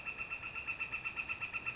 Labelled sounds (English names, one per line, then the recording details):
Northern Flicker
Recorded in Sonoma County, California